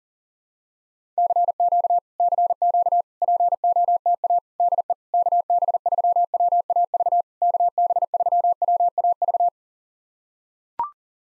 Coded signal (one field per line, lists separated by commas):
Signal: Morse code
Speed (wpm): 40 wpm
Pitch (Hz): 700 Hz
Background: none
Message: CQ CQ POTA DE KB3WAV KB3WAV